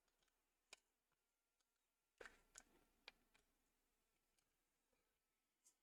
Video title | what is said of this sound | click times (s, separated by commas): Vintage Athearn Union Pacific Switcher Gets A DCC Upgrade | I didn't get a satisfying click, but I do think it is down. | none